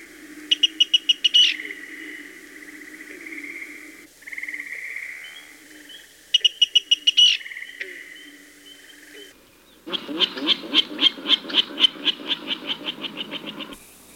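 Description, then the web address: Virginia rail calling: bursts of sharp, evenly spaced ticking notes, two early runs then a longer rapid series of pulsed notes, over a steady droning hum. "Birds of the Chicago Region. Virginia Rail"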